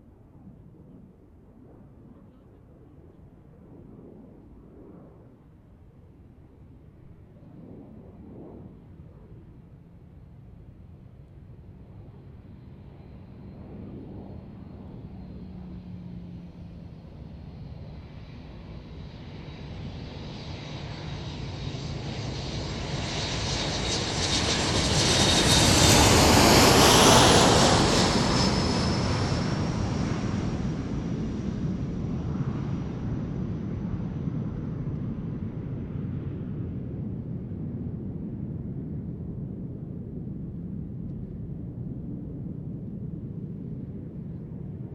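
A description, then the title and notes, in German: An airliner approaching Kloten airport swells from a faint rumble to a loud roaring, whistling peak near 27 seconds, then fades into a lingering low roar. September, 13:24 CET. Flughafen Kloten. Im Minutentakt fliegen sie an. Auf die Piste 14.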